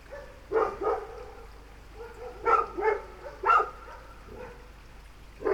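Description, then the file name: Dog barking in short bursts of one or two sharp barks, with pauses between bursts. "Eruido 1994 Dogs"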